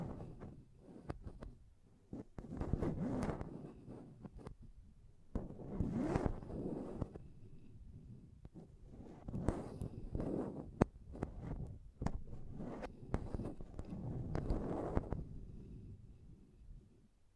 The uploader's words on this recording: ASMR Intense Mic Tapping and Scratching Sounds (No Talking).